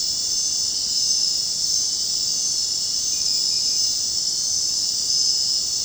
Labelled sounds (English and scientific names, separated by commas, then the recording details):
none
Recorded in dense forest near Puerto Asís, Putumayo, Colombia, on 22 June 2025 at 20:30
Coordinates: 0.499, -76.324
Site G100